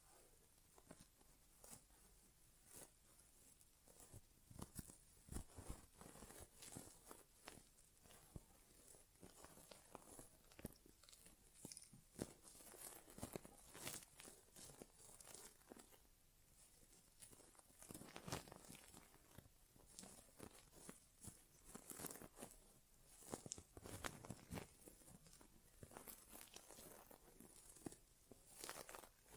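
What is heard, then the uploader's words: Ear-exam ASMR sounds without speech: dense, irregular crackling and rustling taps crowd the whole half minute, each a sharp, bright burst. Louder clusters swell around 6, 12, 18 and 24 seconds over a faint steady hiss. ASMR Inner Ear Exam (No Talking).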